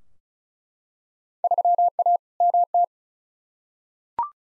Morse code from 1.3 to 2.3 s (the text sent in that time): 3A